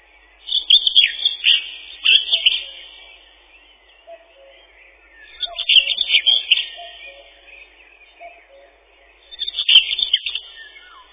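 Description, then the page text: Common whitethroat song: three scratchy, jumbled warbling bursts, one about every four to five seconds, with quiet whistles in between. Song a chattering 'tirli-vi-tir-li-chet-chit-chitirli'. "Серая славка, или славка-говорунчик — Sylvia communis. Пение. Песня — щебетание “тирли-ви-тир-ли-чет-чит-читирли”"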